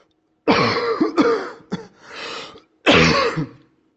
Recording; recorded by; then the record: voluntary cough; messaging app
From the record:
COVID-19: negative